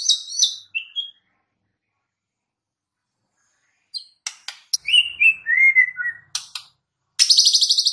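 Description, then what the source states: White-rumped shama song: brief high chirps, a long silence, then sharp clicks, falling whistled notes, and a final fast buzzy trill. Recording used as a lure for trapping birds (pikat); voice described as strong.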